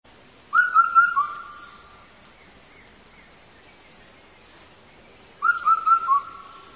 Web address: indian cuckoo call